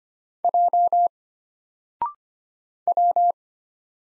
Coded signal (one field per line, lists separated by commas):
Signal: Morse code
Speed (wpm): 25 wpm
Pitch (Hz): 700 Hz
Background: none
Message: J W